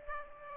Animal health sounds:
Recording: mosquito wingbeat signal from an infrared sensor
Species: Aedes aegypti

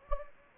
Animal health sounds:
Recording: mosquito wingbeat signal from an infrared sensor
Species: Anopheles gambiae

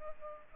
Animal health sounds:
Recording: mosquito wingbeat signal from an infrared sensor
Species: Culex pipiens

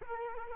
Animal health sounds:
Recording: mosquito wingbeat signal from an infrared sensor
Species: Culex quinquefasciatus

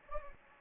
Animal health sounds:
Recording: mosquito wingbeat signal from an infrared sensor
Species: Anopheles gambiae

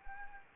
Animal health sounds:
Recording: mosquito wingbeat signal from an infrared sensor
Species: Anopheles arabiensis

